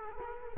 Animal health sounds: mosquito wingbeat signal from an infrared sensor; Culex quinquefasciatus

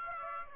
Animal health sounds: mosquito wingbeat signal from an infrared sensor; Aedes aegypti

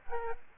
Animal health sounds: mosquito wingbeat signal from an infrared sensor; Aedes aegypti

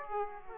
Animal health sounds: mosquito wingbeat signal from an infrared sensor; Aedes aegypti

